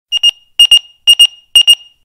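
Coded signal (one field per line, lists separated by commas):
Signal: pager alert tone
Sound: high-pitched electronic beeps in quick pairs, four pairs in two seconds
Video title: Emergency Pager Sound / Popular Sounds / #copyrightfree / [Copyright Free Home & Office Sounds]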